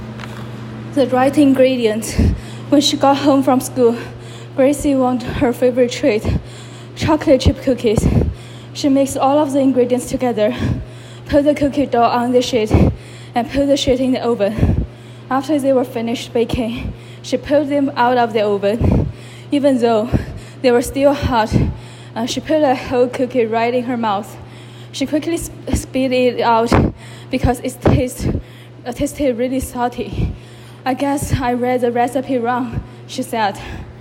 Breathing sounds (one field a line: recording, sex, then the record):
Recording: reading aloud after running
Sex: female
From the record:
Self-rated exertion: vigorous exertion (4 of 6)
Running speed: 10 miles an hour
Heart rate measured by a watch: 160 beats a minute at the start, 133 at the end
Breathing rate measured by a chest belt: 38 breaths a minute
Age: 28 years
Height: 155 cm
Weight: 44 kg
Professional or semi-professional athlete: no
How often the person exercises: 3 to 5 times a week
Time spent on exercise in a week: over 5 hours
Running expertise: yes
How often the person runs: 3 to 5 times a week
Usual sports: running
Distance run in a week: 45 km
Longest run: 32 km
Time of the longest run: 200 minutes